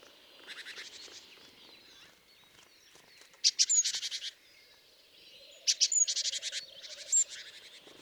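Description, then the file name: Great tit calls, soft buzzy churring building into louder rasping bursts with high ticks, two main bouts, low hum beneath. "Parus major"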